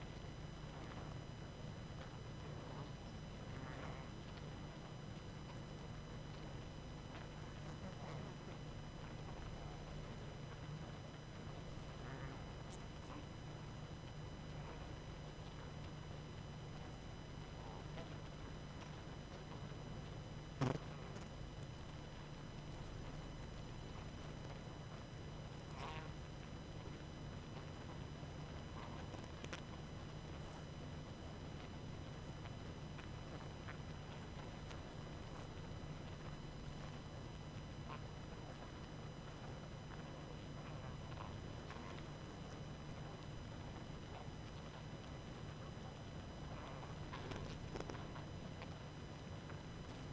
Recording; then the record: honeybee colony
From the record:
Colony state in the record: active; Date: 12 June 2018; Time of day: 21:49